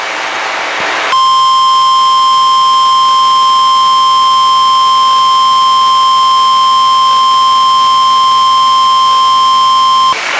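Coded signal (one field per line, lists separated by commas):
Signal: Emergency Alert System (SAME) tones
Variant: 1050 Hz attention tone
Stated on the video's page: EAS alerts including Great ShakeOut earthquake drill.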